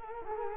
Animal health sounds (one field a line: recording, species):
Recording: mosquito wingbeat signal from an infrared sensor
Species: Culex quinquefasciatus